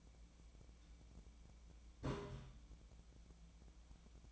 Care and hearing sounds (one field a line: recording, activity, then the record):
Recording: daily activity, microphone in the room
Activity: take from stove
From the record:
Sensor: 1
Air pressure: 1010.0 hPa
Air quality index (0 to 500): 186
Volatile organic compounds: 16 ppm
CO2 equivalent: 2562 ppm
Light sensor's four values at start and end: 38/97/40/49 and 38/97/40/49